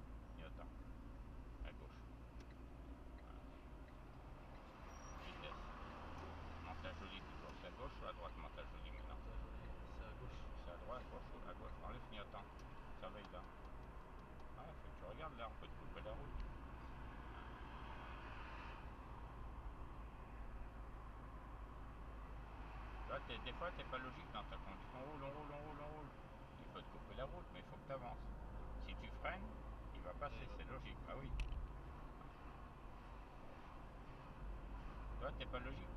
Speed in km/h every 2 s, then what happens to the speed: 30, 34, 42, 43, 48, 50, 51, 48, 45, 44, 42, 41, 37, 42, 42, 39, 40, 45.
0-9 speeds up to 50. 12-23 slows to 37. 23-36 steady at about 40.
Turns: none.